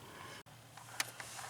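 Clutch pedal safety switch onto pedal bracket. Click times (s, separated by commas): 1.0 s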